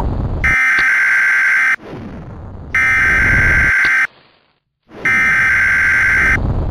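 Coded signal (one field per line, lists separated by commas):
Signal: Emergency Alert System (SAME) tones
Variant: header bursts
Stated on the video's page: Alert tones from a Roblox game.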